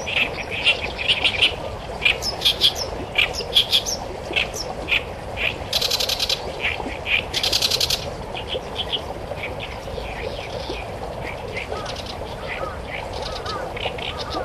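Great reed warbler song: harsh chattering phrases of repeated grating notes, with a few louder rasping bursts midway, over steady low background noise.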